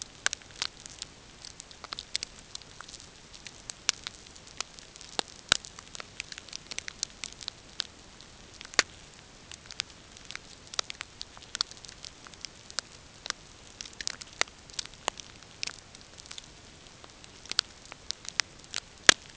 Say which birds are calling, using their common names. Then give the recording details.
none. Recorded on Arctic tundra, site NAIT-1, on 20 June 2018. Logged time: 05:00